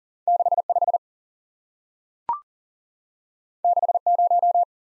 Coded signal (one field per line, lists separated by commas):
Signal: Morse code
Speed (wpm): 41 wpm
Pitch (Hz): 700 Hz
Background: none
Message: 6 5 6 0